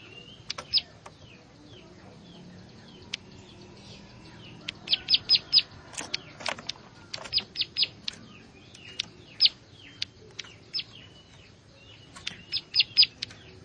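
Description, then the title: Plain Prinia singing short bursts of sharp high notes, scattered with pauses, with clicks and other faint chirps in between. "Ciblek Sawah"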